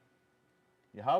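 A manual free-wheeling locking hub on the front wheel hub of a 79 series Landcruiser 4WD is being handled, ready to be turned to the lock position. A faint low hum runs until about 0.9 s, when someone starts talking. Nothing has seated or clicked yet.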